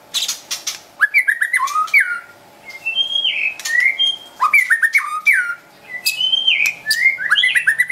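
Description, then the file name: White-rumped shama pouring out phrase after phrase of loud slurred whistles, sharp clicks and chatter, each burst separated by short pauses. Wild bird from forest near Medan, singing actively (gacor). "suara burung murai batu hutan medan gacor"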